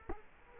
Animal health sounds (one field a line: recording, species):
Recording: mosquito wingbeat signal from an infrared sensor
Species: Culex quinquefasciatus